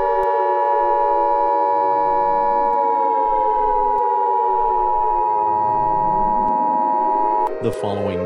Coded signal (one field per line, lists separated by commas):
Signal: Emergency Alert System (SAME) tones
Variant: 853 and 960 Hz attention tone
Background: speech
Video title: EAS Scenario: If COVID-19 isn't over...